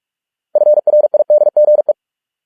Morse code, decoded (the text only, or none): FRIDGE